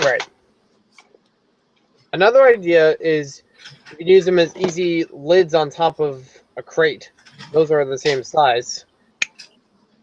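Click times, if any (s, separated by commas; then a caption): 9.2 s. Someone talks while a plastic LEGO toy-brick element is pressed on top of a same-size brick crate as a lid. A sharp snap is heard at 9.2 s as the lid seats in place on the crate.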